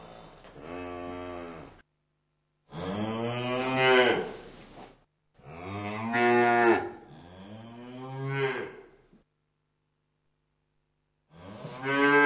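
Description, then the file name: Cow giving several long, deep moos, each swelling then fading, separated by silent gaps. "Kuh Muh"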